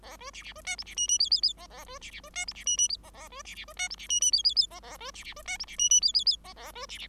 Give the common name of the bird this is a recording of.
Bengalese Finch